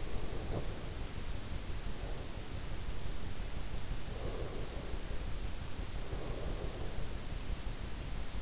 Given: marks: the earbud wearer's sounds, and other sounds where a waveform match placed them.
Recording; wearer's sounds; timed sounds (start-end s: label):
sounds in sleep by an in-ear microphone; breath
0.00-2.77 s: breath
4.05-7.23 s: breath